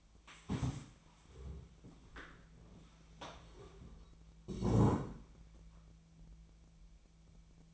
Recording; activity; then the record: daily activity, microphone in the room; stand up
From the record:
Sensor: 1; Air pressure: 1000.5 hPa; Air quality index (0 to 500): 175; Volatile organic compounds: 4 ppm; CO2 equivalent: 1621 ppm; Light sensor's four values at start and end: 14/33/14/16 and 14/33/14/16